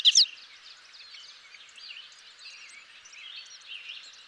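Bobolink song beginning with a loud, quick pair of high notes, followed by a softer, rambling, bubbly jumble of metallic notes.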